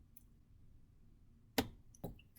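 During reassembly of an Acer C7xx Chromebook after a keyboard replacement, the wi-fi antenna coax connector is lined up and pressed back onto the laptop's wireless card. Over a quiet background with a few faint ticks, one sharp, strong click at 1.6 s marks the connector seating, followed by softer clicks and handling sounds around 2.0 s.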